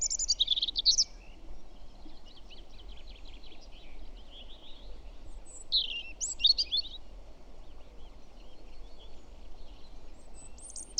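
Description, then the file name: European robin song: short bursts of high, sweet, jumbled warbling spaced several seconds apart, with faint twittering between and continuous low background hiss. "Erithacus rubecula"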